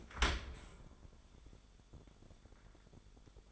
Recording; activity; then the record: daily activity, microphone in the room; open dishwasher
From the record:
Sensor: 5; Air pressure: 1015.1 hPa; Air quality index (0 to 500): 169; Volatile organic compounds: 5 ppm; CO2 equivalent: 1832 ppm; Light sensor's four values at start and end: 38/88/36/37 and 38/91/37/41